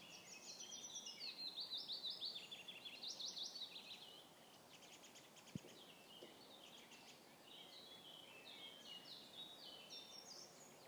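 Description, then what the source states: Birds sing, with loud quick rising-and-falling high phrases for the first few seconds, then softer ticking notes and a single sharp knock mid-way. Birds in a forest.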